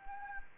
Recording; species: mosquito wingbeat signal from an infrared sensor; Anopheles gambiae